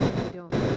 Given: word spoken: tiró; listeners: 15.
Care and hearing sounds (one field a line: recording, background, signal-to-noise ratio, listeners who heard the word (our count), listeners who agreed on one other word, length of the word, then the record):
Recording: one Spanish word in noise, from a listening test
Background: noise modulated by one talker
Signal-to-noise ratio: -9.9 dB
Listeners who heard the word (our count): 1 of 15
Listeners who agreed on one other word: 7 of 15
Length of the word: 0.37 s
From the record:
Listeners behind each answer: 7, 4, 1, 1, 1, 1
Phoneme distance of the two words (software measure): 10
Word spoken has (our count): 2 syllables, 4 phonemes, stress on syllable 2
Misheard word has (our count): 2 syllables, 4 phonemes, stress on syllable 2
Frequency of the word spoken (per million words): 10.44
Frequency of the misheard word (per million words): 57.36